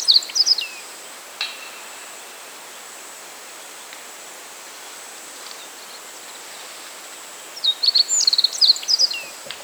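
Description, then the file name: Meadow bunting song: a short high twittering burst at the start, several quiet seconds, then a fuller phrase of sharp notes and trills ending in a downslur. "Emberiza cioides"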